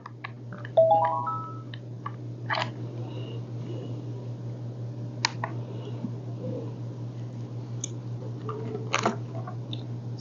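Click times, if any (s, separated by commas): 5.2 s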